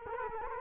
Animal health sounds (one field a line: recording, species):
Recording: mosquito wingbeat signal from an infrared sensor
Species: Culex quinquefasciatus